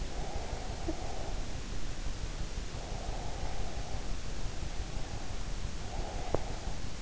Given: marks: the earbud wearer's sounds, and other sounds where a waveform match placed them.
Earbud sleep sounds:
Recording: sounds in sleep by an in-ear microphone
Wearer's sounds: breath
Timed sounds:
0.17-1.51 s: breath
2.74-5.35 s: breath
5.91-7.02 s: breath

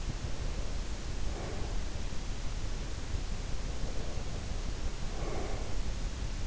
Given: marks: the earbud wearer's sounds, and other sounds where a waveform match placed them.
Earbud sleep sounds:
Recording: sounds in sleep by an in-ear microphone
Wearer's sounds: breath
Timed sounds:
0.00-2.13 s: breath
3.45-5.94 s: breath

